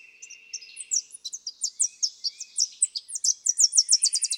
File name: Tennessee Warbler